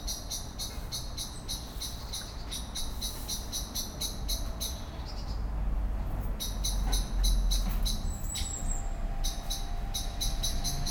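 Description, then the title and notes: Common blackbird scolding in quick metallic ticks, pausing briefly partway through, then resuming, against a rising rumble of passing vehicles. Excitedly scolding, flying from tree to tree; city street in Cologne, morning. "cologne, lütticherstrasse, amsel. amsel aufgeregt schimpfend fliegt von baum zu baum, im hintergrund fahrradfahrer und fussgänger auf dem bürgersteig, morgens"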